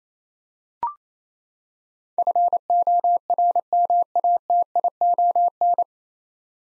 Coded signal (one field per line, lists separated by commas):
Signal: Morse code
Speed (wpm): 28 wpm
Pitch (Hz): 700 Hz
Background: none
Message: FORMATION